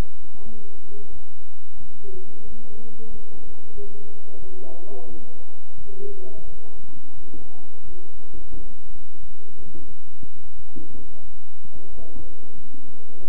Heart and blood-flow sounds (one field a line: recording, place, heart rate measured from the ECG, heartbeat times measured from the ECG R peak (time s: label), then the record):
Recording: heart sounds by stethoscope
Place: between the tricuspid and mitral areas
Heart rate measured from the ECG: 89 bpm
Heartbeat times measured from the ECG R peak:
0.43 s: heartbeat
1.09 s: heartbeat
1.77 s: heartbeat
2.44 s: heartbeat
3.10 s: heartbeat
3.75 s: heartbeat
4.39 s: heartbeat
5.07 s: heartbeat
5.77 s: heartbeat
6.44 s: heartbeat
7.14 s: heartbeat
7.84 s: heartbeat
8.54 s: heartbeat
9.19 s: heartbeat
9.87 s: heartbeat
10.56 s: heartbeat
11.25 s: heartbeat
11.89 s: heartbeat
12.55 s: heartbeat
13.20 s: heartbeat
From the record:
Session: bicycle stress test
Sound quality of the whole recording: good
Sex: male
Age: 23 years